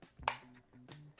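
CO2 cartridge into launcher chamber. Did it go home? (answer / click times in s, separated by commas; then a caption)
yes / 0.3 s. An 8 g CO2 cartridge, sticking out slightly so the cap would butt up against it, is pressed firmly into the chamber of a Byrna CL less-lethal launcher. After a few faint handling taps over a low steady hum, one sharp, bright click sounds at 0.3 s, followed by a softer rustle near 0.9 s. The cartridge is seated and the CO2 is ready.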